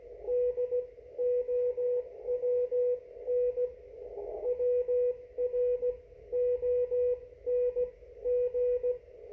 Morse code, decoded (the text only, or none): DOWN WRONG